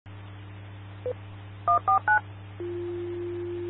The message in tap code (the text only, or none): none